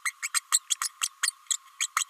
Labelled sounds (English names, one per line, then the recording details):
Green-rumped Parrotlet babbling
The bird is a female
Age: 29 days
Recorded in a nest box in Venezuela
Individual 17B32A5